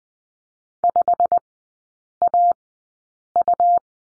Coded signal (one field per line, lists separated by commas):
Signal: Morse code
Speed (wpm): 20 wpm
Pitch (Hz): 700 Hz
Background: none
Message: 5AU